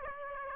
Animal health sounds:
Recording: mosquito wingbeat signal from an infrared sensor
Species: Aedes aegypti

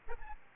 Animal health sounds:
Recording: mosquito wingbeat signal from an infrared sensor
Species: Aedes albopictus

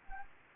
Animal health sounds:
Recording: mosquito wingbeat signal from an infrared sensor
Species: Anopheles gambiae

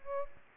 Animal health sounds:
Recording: mosquito wingbeat signal from an infrared sensor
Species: Aedes aegypti

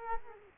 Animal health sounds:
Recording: mosquito wingbeat signal from an infrared sensor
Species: Culex quinquefasciatus

